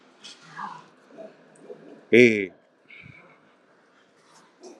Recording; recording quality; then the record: sustained vowel as in made; excellent, no background noise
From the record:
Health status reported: healthy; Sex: male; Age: 47 years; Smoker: yes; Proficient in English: yes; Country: India